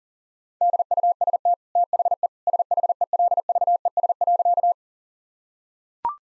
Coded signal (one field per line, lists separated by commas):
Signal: Morse code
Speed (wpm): 40 wpm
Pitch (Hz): 700 Hz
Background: none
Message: DUST THE SHELVES.